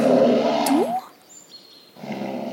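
A deep, rumbling grizzly bear roar, an original recording played from a tape, lasts about a second and ends in a rising groan. A lull with faint high whistling tones follows before a lower growling rumble resumes. No one speaks.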